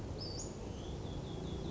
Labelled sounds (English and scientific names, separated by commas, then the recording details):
Western Flycatcher (Empidonax difficilis)
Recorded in Sonoma County, California